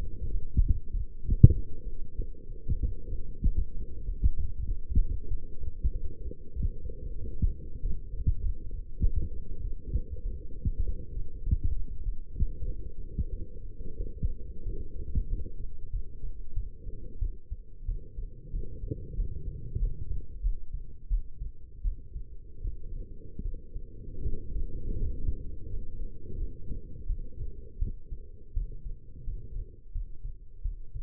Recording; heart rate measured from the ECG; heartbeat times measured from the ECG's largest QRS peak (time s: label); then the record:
heart sounds by stethoscope; 91 bpm
0.31 s: heartbeat
0.92 s: heartbeat
1.53 s: heartbeat
2.16 s: heartbeat
2.81 s: heartbeat
3.43 s: heartbeat
4.05 s: heartbeat
4.66 s: heartbeat
5.29 s: heartbeat
5.93 s: heartbeat
6.57 s: heartbeat
7.20 s: heartbeat
7.81 s: heartbeat
8.41 s: heartbeat
9.02 s: heartbeat
9.62 s: heartbeat
10.23 s: heartbeat
10.84 s: heartbeat
11.44 s: heartbeat
12.04 s: heartbeat
12.66 s: heartbeat
13.30 s: heartbeat
13.98 s: heartbeat
14.64 s: heartbeat
15.28 s: heartbeat
15.91 s: heartbeat
16.54 s: heartbeat
17.20 s: heartbeat
17.86 s: heartbeat
18.51 s: heartbeat
19.15 s: heartbeat
19.78 s: heartbeat
20.41 s: heartbeat
21.08 s: heartbeat
21.82 s: heartbeat
22.62 s: heartbeat
23.43 s: heartbeat
24.24 s: heartbeat
24.99 s: heartbeat
25.69 s: heartbeat
26.38 s: heartbeat
27.07 s: heartbeat
27.79 s: heartbeat
28.54 s: heartbeat
29.24 s: heartbeat
29.92 s: heartbeat
30.62 s: heartbeat
From the record:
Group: healthy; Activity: light exercise 0-15 s, rest 15-31 s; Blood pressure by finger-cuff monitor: 136/79 mmHg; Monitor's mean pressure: 95 mmHg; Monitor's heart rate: 95 bpm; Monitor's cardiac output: 8.1 L/min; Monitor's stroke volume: 86 mL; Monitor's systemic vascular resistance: 880 dyn s/cm5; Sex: female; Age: 22 years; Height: 171 cm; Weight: 65.6 kg